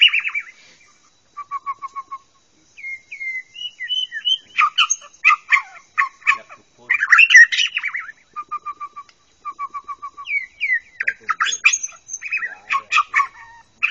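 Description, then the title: Bird song of quick repeated trills and squeaky whistles mixed with scratchy chattering bursts, delivered in short phrases separated by brief gaps. "kikicau"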